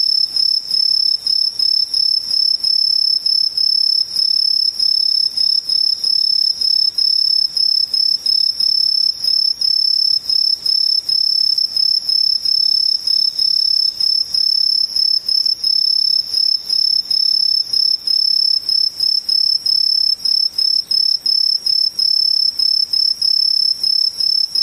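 Insects trill without a break, a high, thin, piercing tone that holds steady for the whole stretch. The chirping is dense and finely pulsed, with a fainter shimmer above it and nothing much lower down.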